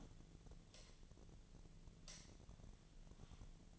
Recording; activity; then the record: daily activity, microphone in the room; light on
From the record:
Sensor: 4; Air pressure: 1010.7 hPa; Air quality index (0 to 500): 173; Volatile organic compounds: 5 ppm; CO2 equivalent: 1755 ppm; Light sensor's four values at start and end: 37/107/42/43 and 37/108/43/43